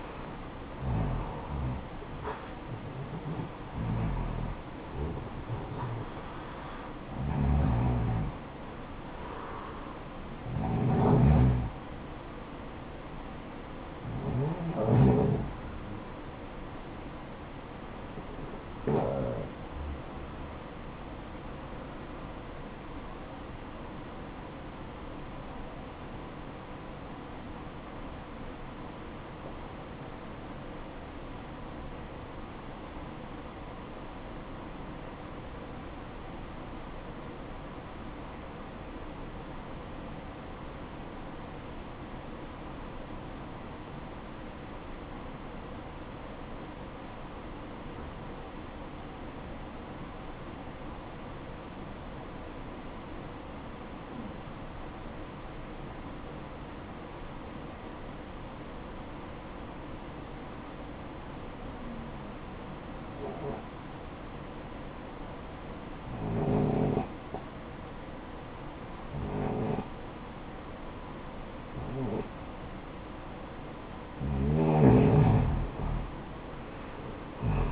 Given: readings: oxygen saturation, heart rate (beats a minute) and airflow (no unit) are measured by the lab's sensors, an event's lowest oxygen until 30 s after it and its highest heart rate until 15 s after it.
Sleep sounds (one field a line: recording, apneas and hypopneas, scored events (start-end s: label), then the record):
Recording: breathing in sleep by a voice recorder at the bedside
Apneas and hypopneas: 1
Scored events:
25.00-73.20 s: obstructive apnea (REM, oxygen 95% highest, then 79% lowest, heart rate 60 at the start, 80 highest)
From the record:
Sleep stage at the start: REM sleep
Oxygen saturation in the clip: 81 to 95%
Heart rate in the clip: 51 to 71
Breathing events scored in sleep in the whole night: 573 in 9.8 hours asleep